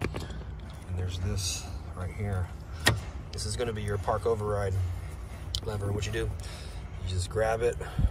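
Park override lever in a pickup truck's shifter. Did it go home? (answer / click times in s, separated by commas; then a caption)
no / none. Someone talks while reaching for the park override lever on the shifter of a 2020 Dodge Ram pickup truck, which is grabbed and pulled so it locks into place and puts the truck into neutral with a dead battery. Brief handling sounds are heard near the start, but nothing has seated or clicked yet.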